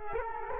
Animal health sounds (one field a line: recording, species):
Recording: mosquito wingbeat signal from an infrared sensor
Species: Culex quinquefasciatus